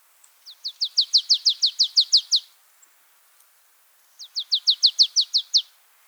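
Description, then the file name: Marsh tit giving two rapid rattling series of high, downslurred chipping notes, separated by a pause of nearly two seconds. "Poecile palustris"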